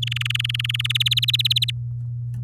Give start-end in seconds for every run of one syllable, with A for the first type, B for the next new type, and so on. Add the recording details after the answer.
0.02-0.87 A, 0.90-1.71 B. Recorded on 6 May 2018 at 17:36. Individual llb16